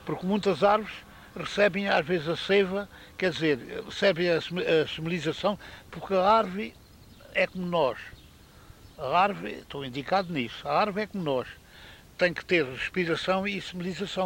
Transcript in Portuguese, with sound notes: Porque muitas árvores recebem às vezes a seiva, quer dizer, recebem a s- a semelização, porque a árvore é como nós. [pausa] A árvore – estou indicado nisso –, a árvore é como nós: tem que ter respiração e semelização.